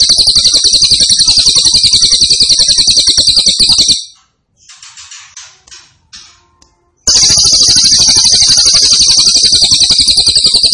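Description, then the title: Grey-cheeked tit-babbler song, two long rapid high trills separated by a pause filled with soft chirping notes. Actively singing (gacor) with a strong voice. "Cililin AMPUH 5. Cililin Gacor Suara Mantap"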